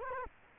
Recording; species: mosquito wingbeat signal from an infrared sensor; Culex quinquefasciatus